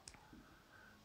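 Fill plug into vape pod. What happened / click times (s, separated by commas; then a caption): The small plastic plug snapped into place / 0.1 s. A vape pod's fill plug, pressed back in after refilling the pod on a Caliburn G kit, snaps into place with a sharp click at 0.1 s, followed by a softer tick. The plug is seated.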